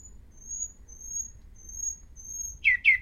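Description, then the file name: Common nightingale calls: two loud, short, harsh notes close together near the end, over a thin high-pitched tone that runs in broken stretches. "Luscinia megarhynchos"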